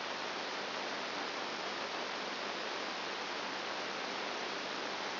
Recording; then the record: brain microelectrode recording played as sound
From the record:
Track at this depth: outside the subthalamic nucleus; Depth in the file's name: 0.104 mm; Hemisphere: right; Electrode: 2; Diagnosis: Parkinson's disease